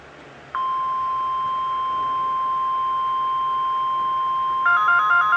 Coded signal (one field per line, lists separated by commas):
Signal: Emergency Alert System (SAME) tones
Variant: 1050 Hz attention tone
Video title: NEW UPCOMING VIDEO SERIES... | EAS Alerts from 12/25/19 - 4/22/20 (EAS #1-9)